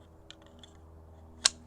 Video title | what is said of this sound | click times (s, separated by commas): American Scandi Gerber Principle Knife | that guy into place snaps right in so it's gonna be almost flush with | 1.5 s